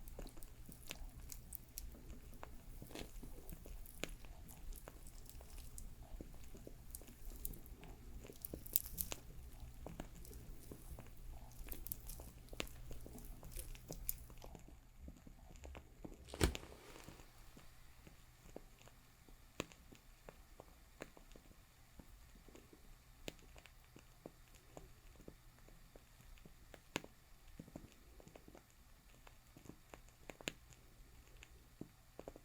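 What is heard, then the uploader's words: A crackling fire snaps and pops throughout, with dense, irregular clicks and a steady low hum underneath. The first half is busier and louder, and a sharp crack stands out around sixteen seconds before the popping settles into a sparser, quieter pace. Doing My Nails For Christmas｜With Crackling Fire Sounds.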